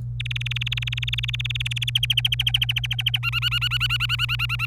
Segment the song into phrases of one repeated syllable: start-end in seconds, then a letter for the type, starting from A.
0.20-1.90 A, 1.95-3.18 B, 3.23-4.66 C